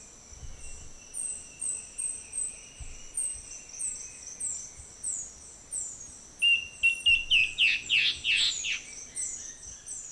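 Guianan warbling antbird giving a short rapid series of bright whistled notes over a steady pulsing insect chorus.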